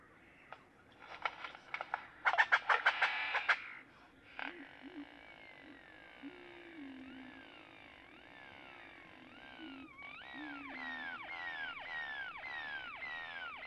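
Great-tailed grackle calls: a loud rattling chatter, then sliding whistles and a steady run of falling whistled notes.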